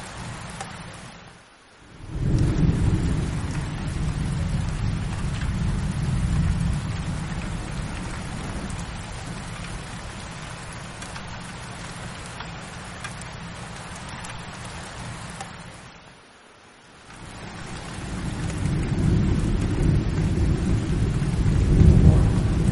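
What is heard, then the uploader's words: Heavy thunderstorm with a steady hiss of rain throughout, topped by deep rumbles of thunder that swell and roll. The sound drops away almost to silence twice, near 2 seconds and around 16 seconds, then the low rumbling builds back, loudest toward the end. Heavy Thunderstorm Sounds _ Thunder & Lightning _ Relaxing Rain.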